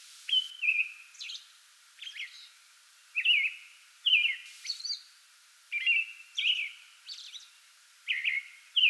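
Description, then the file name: American robin song of short whistled phrases alternating with high hissy notes, repeated throughout. Pre-dawn song bout recorded 8 May 2022. "2022-05-08 American Robin pre-dawn song bout"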